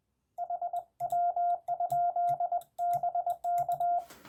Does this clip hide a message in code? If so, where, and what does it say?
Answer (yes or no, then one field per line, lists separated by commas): yes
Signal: Morse code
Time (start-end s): 0.4-4.0 s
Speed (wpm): 21 wpm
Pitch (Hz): 700 Hz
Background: radio noise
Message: HW? BK